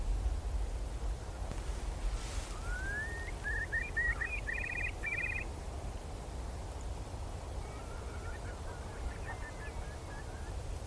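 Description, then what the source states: Curlew song: a rising whistle, then a bubbling trill of repeated notes building for a couple of seconds, fainter whistles later, over steady low rumble. Several large flocks of curlews coming together in the sky, tumbling to lose height, then all singing at once, over mudflat and salt marsh.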